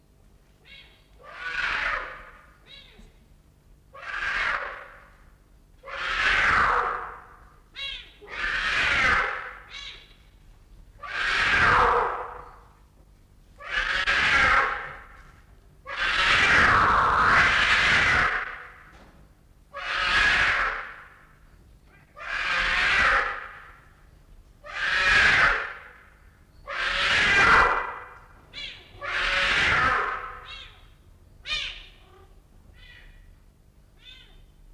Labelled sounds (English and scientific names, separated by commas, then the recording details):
Serval (Leptailurus serval) call
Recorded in captivity
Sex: diverse
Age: adult
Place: Zoo Berlin, Berlin, DE
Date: 1960-01-23 14:00
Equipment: Reporter (Vollspur)
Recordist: Tembrock, Günter